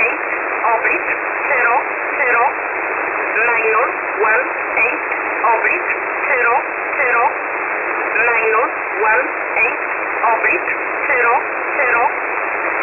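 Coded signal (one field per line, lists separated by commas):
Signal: numbers station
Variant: E11 Oblique, English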